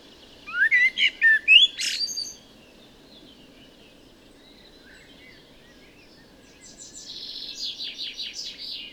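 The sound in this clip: Common blackbird song: a fluty warble ending in a sharp high squeak, then a pause before a fainter, rapid high twittering.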